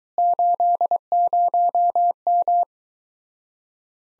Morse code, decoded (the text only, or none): 80M